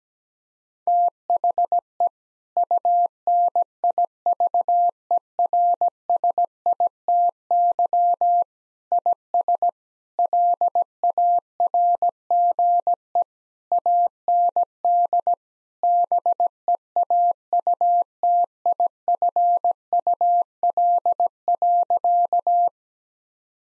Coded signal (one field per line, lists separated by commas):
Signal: Morse code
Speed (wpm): 17 wpm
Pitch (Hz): 700 Hz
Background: none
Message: THE UNIVERSITY IS LARGE AND BEAUTIFUL.